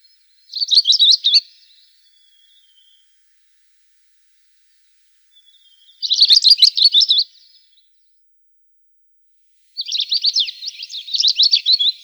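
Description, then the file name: Long-tailed rosefinch song: three bursts of rapid, high, buzzy twittering, lasting from about one to over two seconds, spaced several seconds apart, with the last phrase longest. "Uragus"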